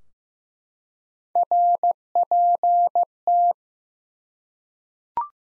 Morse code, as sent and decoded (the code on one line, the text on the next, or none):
.-. .--. -
RPT